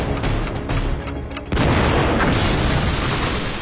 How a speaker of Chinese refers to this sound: 北平，1949年1月18日凌晨，北平梧桐夜景中的一处四合院，有一黑衣人在正房的里间和外间屋顶上各安放了一枚定时炸弹。稍后，房屋爆炸。